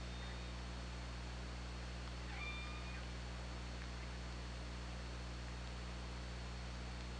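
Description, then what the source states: Killer whale call, faint tonal harmonic notes against constant low droning hum and background hiss. Hydrophone recording from OrcaLab, 24 August 2017, 22:19:27.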